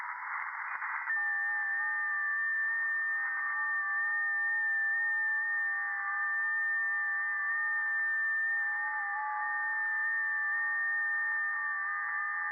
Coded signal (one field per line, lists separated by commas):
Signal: FT8